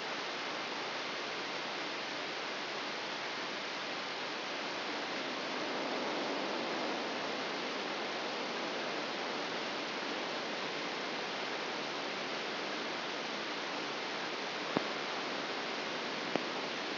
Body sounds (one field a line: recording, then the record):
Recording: brain microelectrode recording played as sound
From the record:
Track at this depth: outside the subthalamic nucleus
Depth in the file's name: 6.898 mm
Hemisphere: left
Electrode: 3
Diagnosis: Parkinson's disease